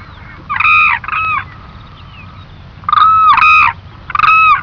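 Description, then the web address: Demoiselle crane calls: hoarse trumpeting croaks in short groups, with a faint flat tone after the first pair, over a low steady hum. "anthropoides virgo"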